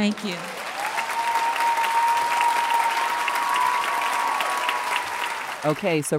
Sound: applause

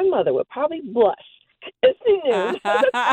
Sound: laughter

